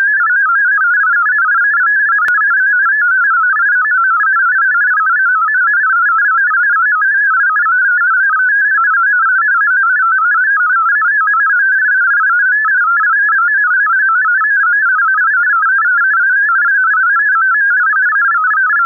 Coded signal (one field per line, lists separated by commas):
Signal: multi-tone FSK (Olivia or MFSK type)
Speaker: data today is FL DG auto-switching the data for now is in FLD